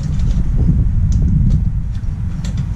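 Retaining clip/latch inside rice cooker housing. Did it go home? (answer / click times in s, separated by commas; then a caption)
no / none. Long-nose pliers work a retaining clip or latch inside the housing of a rice cooker under repair, with a steady low rumble and faint scraping and ticking throughout. Nothing has seated or clicked yet; the clip is still being handled.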